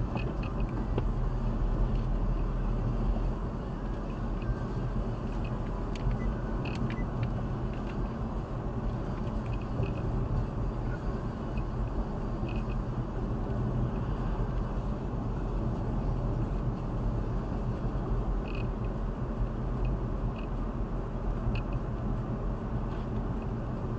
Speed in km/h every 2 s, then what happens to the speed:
47, 51, 51, 51, 50, 50, 50, 50, 50, 51, 51, 51.
0-24 steady at about 50.